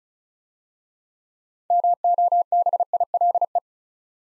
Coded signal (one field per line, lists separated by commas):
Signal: Morse code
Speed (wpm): 36 wpm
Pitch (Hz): 700 Hz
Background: none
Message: MOBILE